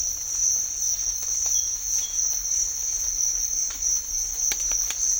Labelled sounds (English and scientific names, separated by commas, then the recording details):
none
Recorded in secondary vegetation near Puerto Asís, Putumayo, Colombia, on 12 March 2025 at 06:30
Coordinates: 0.499, -76.323
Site G094